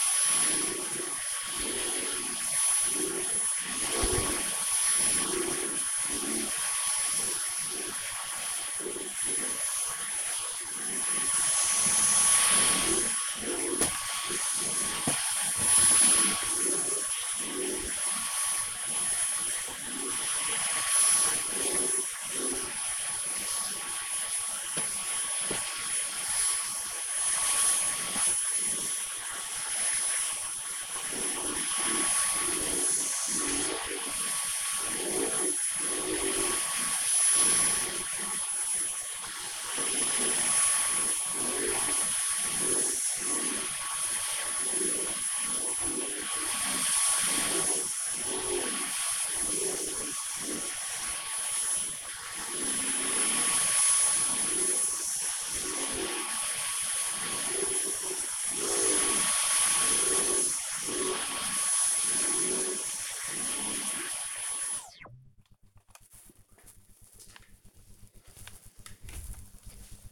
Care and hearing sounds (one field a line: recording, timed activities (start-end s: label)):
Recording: household activities, microphone on the right wrist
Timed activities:
0.00-65.38 s: vacuum cleaning